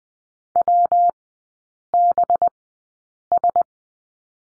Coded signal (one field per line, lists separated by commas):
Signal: Morse code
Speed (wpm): 20 wpm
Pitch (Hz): 700 Hz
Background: none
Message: WBS